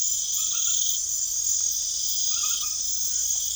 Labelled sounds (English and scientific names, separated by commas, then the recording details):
none
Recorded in pastures near Puerto Asís, Putumayo, Colombia, on 28 February 2025 at 21:30
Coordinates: 0.505, -76.324
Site GP08